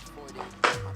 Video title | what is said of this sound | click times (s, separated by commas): JOYOR ELECTRIC SCOOTER: UNBOXING & REVIEW | Okay, you hear it? Boom, perfectly stable. | 0.7 s